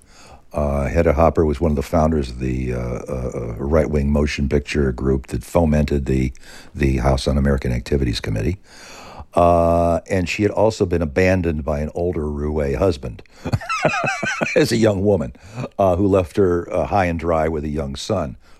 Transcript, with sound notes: Hedda Hopper was one of the founders of the right-wing motion picture group that fomented the House Un-American Activities Committee. And she had also been abandoned by an older roue husband (laughter) as a young woman, who left her high and dry with a young son.